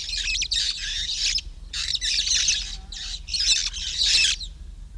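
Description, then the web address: Red-fronted parrot squawking almost continuously, loud grating screeches in several long bursts with short gaps. "parrots poicephalus-gulielmi"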